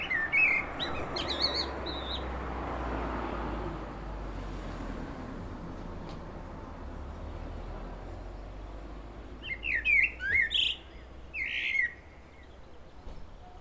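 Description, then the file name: Common blackbird singing mellow whistled phrases with high twittering ends, one phrase at the start and another burst several seconds later, over steady low rumble. "Turdus merula"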